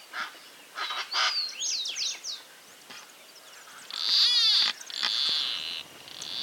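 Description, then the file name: Rufous-tailed plantcutter call: a few grating, buzzy rasps in the second half, after assorted high chirps and whistled notes. "cortarramas voz"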